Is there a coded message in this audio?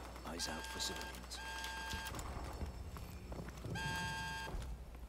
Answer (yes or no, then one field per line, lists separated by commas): no